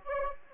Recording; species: mosquito wingbeat signal from an infrared sensor; Anopheles arabiensis